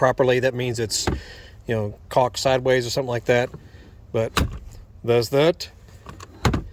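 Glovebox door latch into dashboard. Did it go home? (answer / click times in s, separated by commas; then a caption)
yes / 6.5 s. Someone talks while the glovebox door on a 2003 Toyota Matrix Corolla Wagon XR AWD is shut to test it after the cabin HVAC air filter tray is refitted. A few faint ticks come first, then a sharp click at 6.5 s as the glovebox door latches into the dashboard. The latch is confirmed seated properly.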